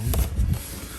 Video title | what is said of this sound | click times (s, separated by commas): Unboxing The Eflite 2M Carbon Z T28 Trojan From Horizon Hobby | clips on them that's awesome yes that locks into place isn't that awesome | 0.1 s